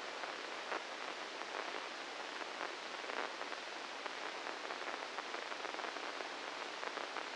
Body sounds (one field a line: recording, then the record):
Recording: brain microelectrode recording played as sound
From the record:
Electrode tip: inside the subthalamic nucleus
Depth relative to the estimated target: -2 mm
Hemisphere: left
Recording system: NeuroSet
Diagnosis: Parkinson's disease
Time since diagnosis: 9 years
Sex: male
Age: 61 years